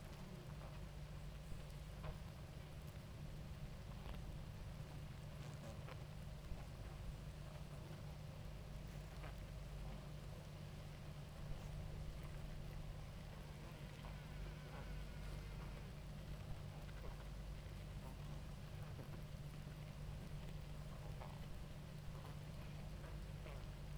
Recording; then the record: honeybee colony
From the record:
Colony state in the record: active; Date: 28 July 2017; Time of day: 18:41